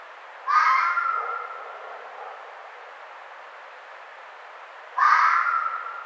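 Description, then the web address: Red fox uttering two harsh, raspy screaming barks about four and a half seconds apart, each sharp at onset then fading. 1 April 2009. "Red Fox 2009 04 01"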